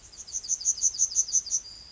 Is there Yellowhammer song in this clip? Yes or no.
yes